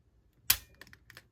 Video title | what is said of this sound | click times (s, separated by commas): Transformers Cyberverse Matrix Mega Shot Leader Class Optimus Prime Chefatron | you have to wait until it clicks | 0.5 s